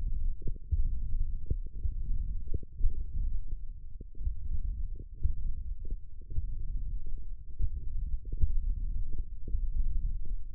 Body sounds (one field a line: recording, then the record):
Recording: forearm muscle sounds (acoustic myography)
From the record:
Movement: finger pinch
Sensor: system 1, eight BSWA MPA416 microphones around the upper forearm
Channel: 6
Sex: male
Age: 21 years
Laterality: right